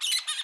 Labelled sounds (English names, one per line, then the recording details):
Brown-throated Parakeet contact call
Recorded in Curacao
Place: Hoffi Jan Thiel
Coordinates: 12.094, -68.877